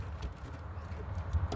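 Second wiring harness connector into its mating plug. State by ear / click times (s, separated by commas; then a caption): not seated / none. A second keyed plastic wiring harness connector is pushed into its mating plug while cruise control is fitted to a Brazilian-built VW T2C Kombi. Only low, steady rumbling and faint handling noise are heard, with a brief soft bump near 0.2 s. The connector has not clicked or seated yet.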